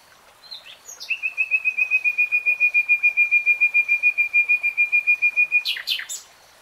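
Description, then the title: Nightingale song: a long run of rapid, evenly repeated whistled notes on one pitch, ending in a short sharp flourish. Singing, recorded in real time. "[Tiếng chim hót] REALTIME Nightingale Singing"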